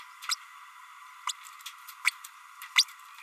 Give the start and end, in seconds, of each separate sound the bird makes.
0.29-0.35, 1.27-1.32, 2.04-2.10, 2.76-2.84